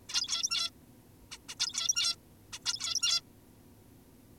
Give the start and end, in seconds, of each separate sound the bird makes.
0.09-0.71, 1.31-1.38, 1.49-1.55, 1.60-2.16, 2.53-2.59, 2.66-3.22